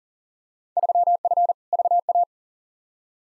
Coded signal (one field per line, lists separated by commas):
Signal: Morse code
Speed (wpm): 40 wpm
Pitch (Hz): 700 Hz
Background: none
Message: 3F VA